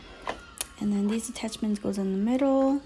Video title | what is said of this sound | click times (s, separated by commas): Bissel Powerforce Helix Vacuum cleaner | you twist and you snap into place | 0.6 s